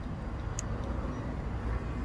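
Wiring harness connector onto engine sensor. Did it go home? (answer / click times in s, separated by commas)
yes / 0.6 s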